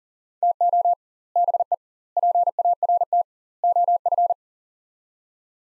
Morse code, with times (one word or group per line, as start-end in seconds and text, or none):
0.4-0.9 TO
1.4-1.7 BE
2.2-3.2 PART
3.6-4.3 OF